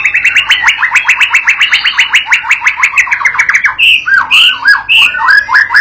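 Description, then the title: White-rumped shama song: a fast run of many repeated buzzy notes, then looping whistled slurs rising and falling. Provoking training song used to teach a young shama to sing persistently; said to make the bird answer straight away. "MURAI BATU PAUD BELAJAR GACOR, AJARI DENGAN MASTERAN PANCINGAN INI, PANCING LANGSUNG NYAUT"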